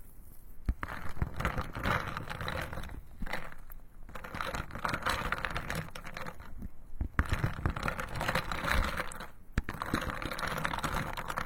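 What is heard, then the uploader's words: Ice and water churn and grind in dense, scraping bursts that swell and ease every couple of seconds, with a few sharp knocks throughout. The soulful sensory spa experience of ice and water.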